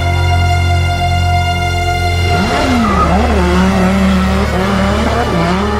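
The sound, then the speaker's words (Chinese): A loud racing car engine on a wide road holds a steady, buzzing drone, then revs hard with its pitch swooping up and down, joined by a sharp squealing whine, with no voices. “嘈吵以及刺耳的引擎声在条大道上传出来。”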